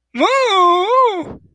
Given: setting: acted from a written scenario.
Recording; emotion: vocal sound without words; distress